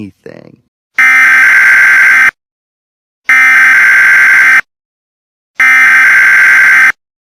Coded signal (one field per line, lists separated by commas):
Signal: Emergency Alert System (SAME) tones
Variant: header bursts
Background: speech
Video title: EAS Comedy: Animals Hack The Emergency Alert System